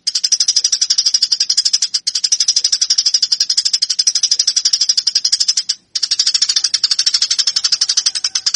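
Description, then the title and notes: Eurasian tree sparrow giving a nearly continuous stream of rapid, sharp high chirps in pulses, with brief pauses near two seconds and just before six seconds. Fighting-style (tarung) song. "MASTER GEREJA TARUNG. burung gereja"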